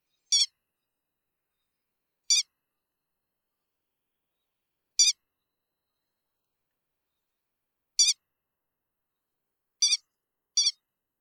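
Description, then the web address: Grey-headed lapwing calling with sharp, harsh single notes spaced irregularly, six in all, the last two close together, against silence. "keri"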